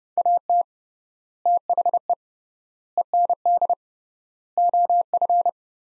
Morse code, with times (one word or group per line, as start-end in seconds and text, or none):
0.2-0.6 AT
1.5-2.1 THE
3.0-3.7 END
4.6-5.5 OF